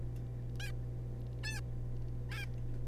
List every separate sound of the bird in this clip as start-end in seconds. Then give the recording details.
0.60-0.71, 1.44-1.60, 2.29-2.45. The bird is a juvenile. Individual R3549